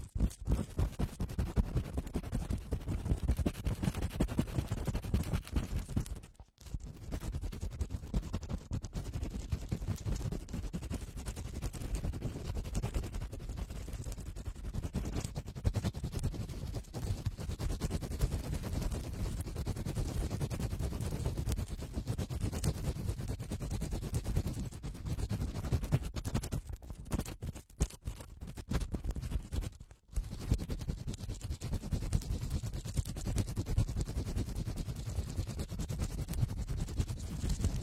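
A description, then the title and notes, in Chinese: A cotton swab cleans dirt from inside the ear, making a dense, continuous scratching and rubbing with rapid crackly strokes, weighted toward low, muffled tones. The texture stays steady throughout, broken by brief silent gaps near 6, 27 and 30 seconds. 棉棒清理你耳朵里的脏东西。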